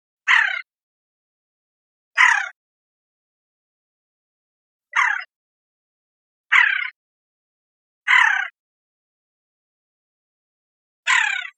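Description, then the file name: Williamson's sapsucker calls: six short harsh, nasal squeals separated by irregular gaps of one to three seconds, otherwise quiet. 19 June 2004. "WISA CALLS 061904"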